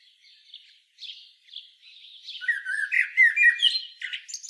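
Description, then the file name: Common blackbird singing: soft high twittering at first, then a loud fluted warble, sliding and broken, with squeaky high flourishes mixed in. "Turdus merula"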